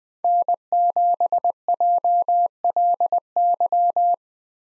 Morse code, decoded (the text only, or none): N7JLY